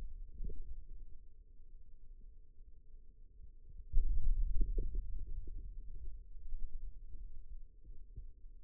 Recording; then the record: forearm muscle sounds (acoustic myography)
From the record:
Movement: hand opening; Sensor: system 2, bracelet of six BSWA MPA416 microphones around the upper forearm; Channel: 3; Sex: male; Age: 22 years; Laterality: right